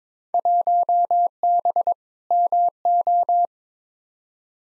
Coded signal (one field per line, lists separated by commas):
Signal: Morse code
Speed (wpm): 22 wpm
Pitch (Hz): 700 Hz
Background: none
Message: 1B MO